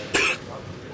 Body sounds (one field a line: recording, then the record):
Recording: coughing mixed with background sound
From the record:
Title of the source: 64 coughing, allergies, singing lungs